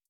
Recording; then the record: hydrophone in a shrimp aquaculture tank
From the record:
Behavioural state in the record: feeding